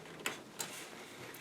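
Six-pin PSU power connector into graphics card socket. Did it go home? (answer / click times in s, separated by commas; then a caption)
yes / 0.3 s. A six-pin power plug from the power supply is pushed down into its socket on a graphics card until it latches, giving a faint, sharp click at 0.3 s. A second, softer tick follows at 0.6 s over a low steady background. The connector is seated.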